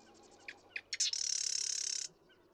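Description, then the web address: Marsh Wren song: a few sharp introductory clicks, then a fast, harsh mechanical rattle lasting about a second before stopping abruptly. "birdsongforthecurious Marsh Wren"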